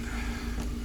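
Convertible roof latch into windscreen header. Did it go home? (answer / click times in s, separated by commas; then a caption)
no / none. A convertible car's fabric folding roof latch is handled against the windscreen header, with a steady low broadband rumble like wind or engine noise throughout. Nothing has seated or clicked yet.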